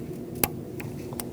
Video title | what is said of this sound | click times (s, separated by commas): How to Replace Camshaft Position Sensors 2016-2019 Chevrolet Cruze 1.4L | Push it on. Make sure you hear that click and then lock it in with that red tab by pushing it down. | 0.4 s